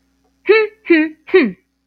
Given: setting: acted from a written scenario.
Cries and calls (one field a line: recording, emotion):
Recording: vocal sound without words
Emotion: disappointment